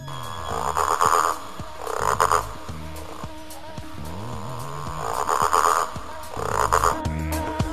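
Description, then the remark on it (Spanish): Frogs croak continuously, with loud, raspy bursts of calling recurring every second or so in pairs, layered over a lower, steady chorus of throaty croaks. “Hoy, el grupo estrella de esta sección lo protagonizarán un grupo de animales de los que nunca he hablado. Los anfibios.”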